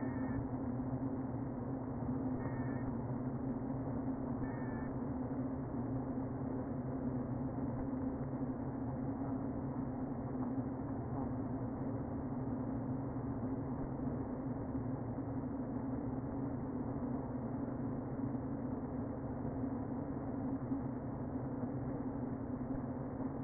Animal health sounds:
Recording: honeybee colony, microphone inside the hive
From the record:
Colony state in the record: queen present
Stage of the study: before two queens were removed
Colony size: about 60,000 bees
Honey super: yes

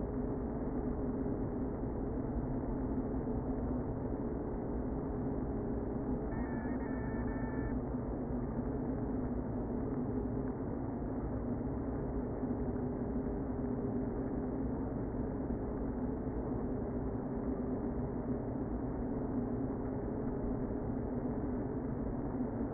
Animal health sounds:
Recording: honeybee colony, microphone inside the hive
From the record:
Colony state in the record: queen present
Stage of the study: before two queens were removed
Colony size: about 60,000 bees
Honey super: yes

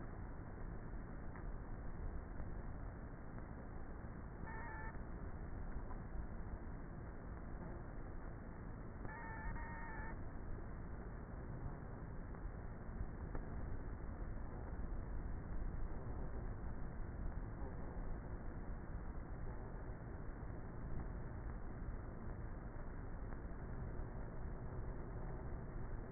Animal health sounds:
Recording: honeybee colony, microphone inside the hive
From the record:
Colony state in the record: queenless with a low population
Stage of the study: before two queens were removed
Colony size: about 30,000 bees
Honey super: no

